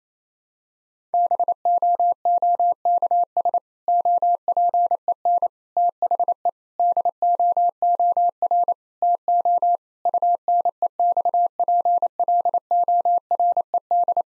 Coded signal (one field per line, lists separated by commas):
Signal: Morse code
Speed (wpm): 28 wpm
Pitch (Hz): 700 Hz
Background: none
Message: BOOKS OPEN THE DOOR TO UNEXPLORED